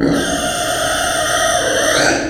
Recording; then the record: squeal of a Yucatan mini pig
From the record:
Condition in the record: before surgery on the right vocal fold (resection and tissue-engineered implant); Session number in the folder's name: 3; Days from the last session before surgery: 0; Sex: female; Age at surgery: 19 weeks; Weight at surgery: 25 kg